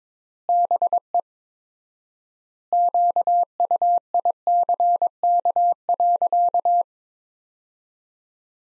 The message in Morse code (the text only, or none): BE QUICK.